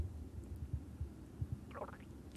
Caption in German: Mein Hirn hat mir im Notstromaggregatorzustand nicht können sagen, dass ich Hunger habe. Darf ich jetzt mal das Mikrofon an meinen Bauch haben? Immerhin höre ich dann aber meinen Bauch so schreien.